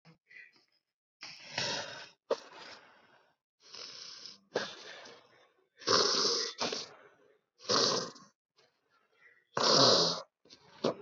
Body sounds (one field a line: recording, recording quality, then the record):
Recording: shallow breathing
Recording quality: excellent, no background noise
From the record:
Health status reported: COVID-19 positive, mild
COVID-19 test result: positive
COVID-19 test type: RT-PCR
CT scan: not taken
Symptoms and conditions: cough, cold, sore throat, muscle pain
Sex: female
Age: 26 years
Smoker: yes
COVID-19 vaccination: both doses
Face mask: not worn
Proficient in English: yes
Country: India